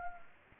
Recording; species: mosquito wingbeat signal from an infrared sensor; Anopheles arabiensis